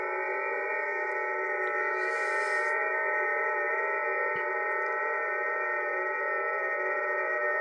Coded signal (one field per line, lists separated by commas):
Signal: FT8